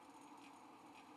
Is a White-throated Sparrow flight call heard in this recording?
no